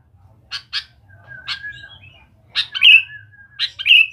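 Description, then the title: Sooty-headed bulbul singing: a few sharp clicks, then a long level whistle, followed by two bright bubbly phrases near the end; a faint low hum throughout. "Kutilang"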